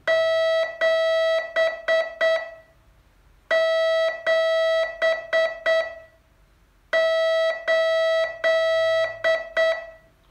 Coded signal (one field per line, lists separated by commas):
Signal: Morse code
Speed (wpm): 8 wpm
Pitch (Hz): 650 Hz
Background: none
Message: 7 7 8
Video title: Learn Morse in 42 Days from VU2LAU - day 32